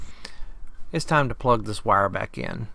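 On a 2019–2023 Ford Ranger 2.3L EcoBoost during an air filter replacement, the plastic electrical connector of the wire for the intake air sensor on the airbox is handled and readied to be plugged back in. Someone talks throughout, with a couple of faint ticks near 0.3 s and 0.7 s. Nothing has seated or clicked yet.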